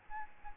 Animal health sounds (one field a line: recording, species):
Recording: mosquito wingbeat signal from an infrared sensor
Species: Aedes albopictus